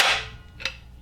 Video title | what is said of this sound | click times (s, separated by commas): How to Install 4.7 08 Camshafts, HO Valve Springs, & Valve Stem Seals | It snaps right into place. | 0.7 s